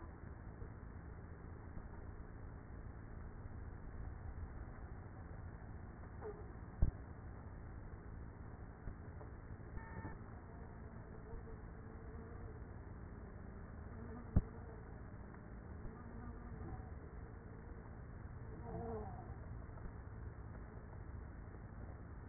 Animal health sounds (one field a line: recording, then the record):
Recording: honeybee colony, microphone inside the hive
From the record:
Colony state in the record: queenless with a low population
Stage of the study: after two queens were removed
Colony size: about 30,000 bees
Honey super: no